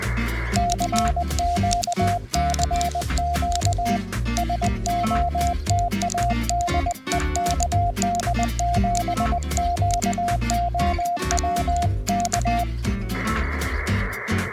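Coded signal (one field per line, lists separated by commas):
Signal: Morse code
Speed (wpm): 20 wpm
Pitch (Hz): 700 Hz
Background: music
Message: CQ CQ SOTA DE KD7QOW K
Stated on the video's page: VHF CW signal from a SOTA summit activation using an IC-705 and a directional antenna.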